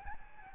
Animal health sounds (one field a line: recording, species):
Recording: mosquito wingbeat signal from an infrared sensor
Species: Aedes albopictus